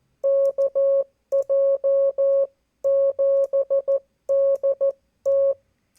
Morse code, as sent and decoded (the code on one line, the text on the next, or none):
-.- .--- --... -.. -
KJ7DT